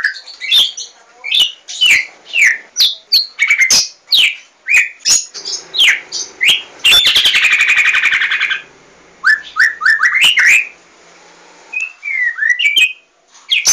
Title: murai batu